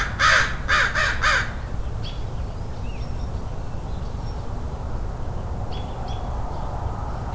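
Crow giving three quick harsh caws at the start, then faint chirps and low background rumble for the rest.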